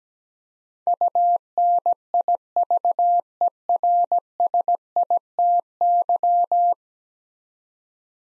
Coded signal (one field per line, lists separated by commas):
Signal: Morse code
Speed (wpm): 17 wpm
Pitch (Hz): 700 Hz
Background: none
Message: UNIVERSITY